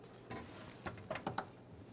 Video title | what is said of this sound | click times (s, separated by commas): How to Replace Fuel Pump Module Assembly 2002-2009 Chevrolet Trailblazer | listen for a click from that and give it a nice tug want to make sure that's secure | 1.4 s